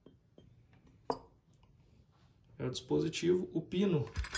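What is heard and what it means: During disassembly of a Boito Miura 1 break-action shotgun, the barrel locking bar in the receiver is pulled backwards by hand and gives a sharp metallic click at 1.1 s, with fainter ticks around 0.4 s and 1.5 s. The locking bar clicks free and is released to be taken out by hand, and someone talks from about 2.6 s onward.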